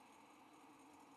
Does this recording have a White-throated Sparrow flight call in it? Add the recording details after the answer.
no. No flight call is heard. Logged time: 07:48 on 5 December 2014